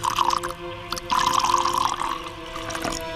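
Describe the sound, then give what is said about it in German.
Liquid pours into a glass in two short bursts, a bright gurgling splash with a ringing tone that holds steady as it fills, followed by a faint trickle. No voices. “Gieß mir auch ein.”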